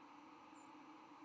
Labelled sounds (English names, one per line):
White-throated Sparrow flight call